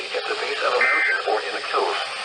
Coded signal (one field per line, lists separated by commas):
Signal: Emergency Alert System (SAME) tones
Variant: end-of-message bursts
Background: speech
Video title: MIDWEEK FLOODING AND STORMS... EAS Alerts from 5/18/20 - 5/21/20 (EAS #4,202 - 4,253)